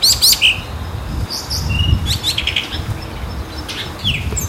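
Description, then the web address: Blue rock thrush singing short, bright chirps and quick slurred notes in a rapid sequence over a low background rumble. Recorded during a live walk at Azamidani. "raivu sansaku azamidani sound bird isohiyodori"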